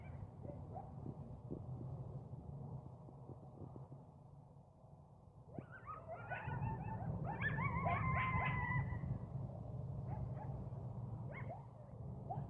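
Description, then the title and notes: Coyotes yipping and howling in a chorus of quavering, rising and falling notes, building midway and fading, over a steady low rumble. Coyotes heard in a yard on January 31. "Coyotes in my yard - Jan 31 by Heather Schlegel"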